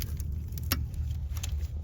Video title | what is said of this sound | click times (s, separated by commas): Dodge 2.4L P0443 P0455 P0441 purge valve diagnosis! | push it to you feel it and hear it snap in | 0.7 s